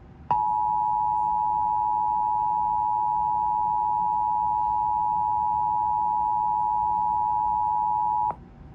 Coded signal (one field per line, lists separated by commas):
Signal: Emergency Alert System (SAME) tones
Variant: 853 and 960 Hz attention tone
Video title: Tornado Watch EAS on KDSX-LPAM&FM